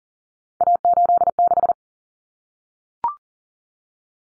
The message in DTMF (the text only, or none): none